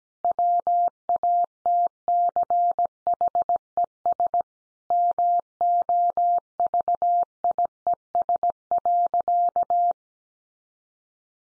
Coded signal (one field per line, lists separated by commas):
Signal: Morse code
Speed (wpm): 17 wpm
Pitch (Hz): 700 Hz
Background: none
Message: WATCHES MOVIES.